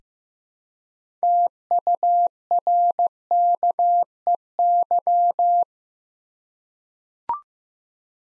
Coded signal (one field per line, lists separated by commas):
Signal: Morse code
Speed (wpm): 15 wpm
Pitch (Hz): 700 Hz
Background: none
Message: TURKEY